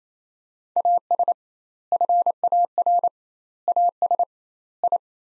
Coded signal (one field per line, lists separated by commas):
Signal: Morse code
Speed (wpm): 28 wpm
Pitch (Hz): 700 Hz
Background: none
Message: AS FAR AS I